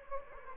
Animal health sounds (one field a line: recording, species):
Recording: mosquito wingbeat signal from an infrared sensor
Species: Anopheles gambiae